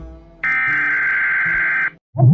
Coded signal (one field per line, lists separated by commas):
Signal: Emergency Alert System (SAME) tones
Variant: header bursts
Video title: A-Z TX Cities EAS alarms